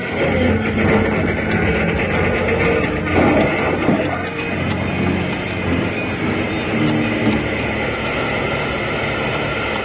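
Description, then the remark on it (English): A train engine roars along in a steady, dense rumble with hissing and rattling metal, loud and unbroken for the whole stretch, with no voices, as it rounds a curve on the railroad into Silver Sight and plunges toward a bonfire on the ice, too late to avoid a crash. “The engine plunged toward it, too late to avoid a crash.”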